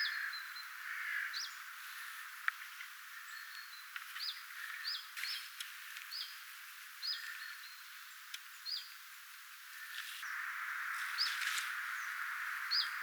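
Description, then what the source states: Common chiffchaff calls: scattered high, slurred notes repeated irregularly, mixed with a few clicks and a louder band of background noise toward the end. 2 October 2024; sound rendered as "vifviy".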